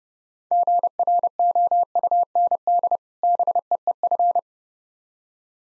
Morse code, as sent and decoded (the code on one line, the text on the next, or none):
--. .-. --- ..- -. -.. / -... . . ..-.
GROUND BEEF